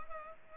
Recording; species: mosquito wingbeat signal from an infrared sensor; Culex pipiens